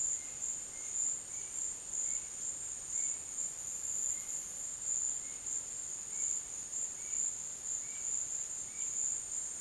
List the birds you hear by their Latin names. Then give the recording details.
none. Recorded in dense forest near Puerto Asís, Putumayo, Colombia, on 23 June 2025 at 12:30. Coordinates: 0.484, -76.325. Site H65